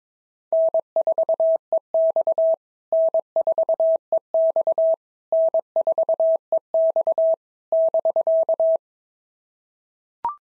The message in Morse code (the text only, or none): N4EX N4EX N4EX <BK>